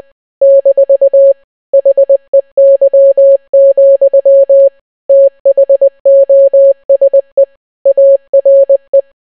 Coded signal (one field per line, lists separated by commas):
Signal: Morse code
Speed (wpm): 20 wpm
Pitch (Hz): 550 Hz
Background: none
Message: - HEY, THOSE ARE